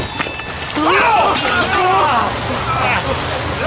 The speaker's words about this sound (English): The water is boiling! I'm blinded by steam! Let it cool, boy! It's water.